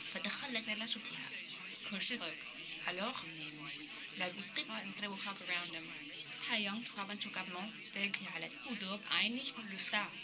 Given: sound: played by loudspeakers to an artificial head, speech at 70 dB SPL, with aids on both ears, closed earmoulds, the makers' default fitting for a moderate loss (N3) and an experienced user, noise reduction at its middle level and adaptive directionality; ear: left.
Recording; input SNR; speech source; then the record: speech test signal (ISTS) in cocktail-party noise; +9 dB; in front (0 degrees)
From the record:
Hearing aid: class 1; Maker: D